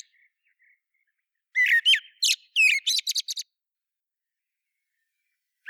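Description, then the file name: Common blackbird giving one short burst of sharp, squeaky chattering notes midway, with a few faint notes before it and a new note starting at the very end. "Turdus merula"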